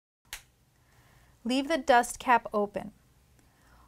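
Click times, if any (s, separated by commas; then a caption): 0.3 s. The plastic mouthpiece of a dry-powder capsule inhaler is pressed firmly shut over the capsule chamber on its base. A single sharp click is heard at 0.3 s as it seats closed, and then someone talks.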